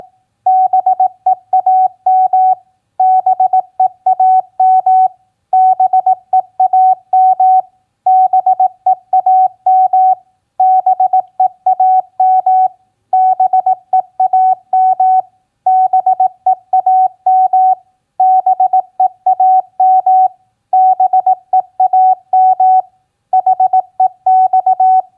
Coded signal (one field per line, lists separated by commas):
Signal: Morse code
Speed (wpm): 18 wpm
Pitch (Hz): 750 Hz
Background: none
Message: BEAM BEAM BEAM BEAM BEAM BEAM BEAM BEAM BEAM HEX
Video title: Morse Code Practice QSO Elements Q7b OCFD-BEAM-HEX 18wpm